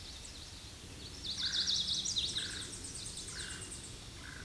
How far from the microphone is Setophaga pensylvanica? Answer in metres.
about 15 m